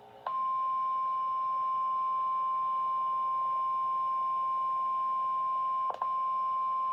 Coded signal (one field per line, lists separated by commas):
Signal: Emergency Alert System (SAME) tones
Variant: 1050 Hz attention tone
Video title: 6/15/26 Flash Flood Warning for Harris County (EAS #69)